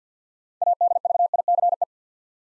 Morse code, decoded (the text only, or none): ADVICE